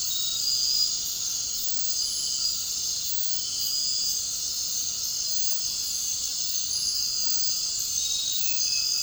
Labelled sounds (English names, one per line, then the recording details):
none
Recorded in dense forest near Puerto Asís, Putumayo, Colombia, on 8 March 2025 at 21:30
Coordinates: 0.467, -76.328
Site G041